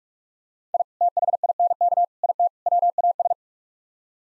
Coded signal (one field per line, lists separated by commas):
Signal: Morse code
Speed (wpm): 47 wpm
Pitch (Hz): 700 Hz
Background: none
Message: I THINK IT WAS